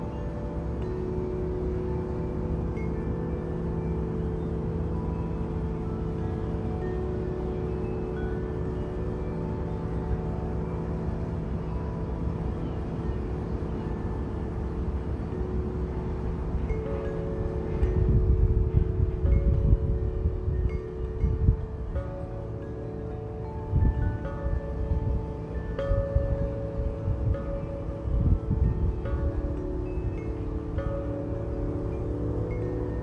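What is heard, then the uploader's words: Chime tree tones ring and hang in long, overlapping sustained notes over a steady low rumble. From about seventeen seconds the rumble grows louder and gustier, swelling in irregular bursts through to the end while the chiming continues. Chime Tree.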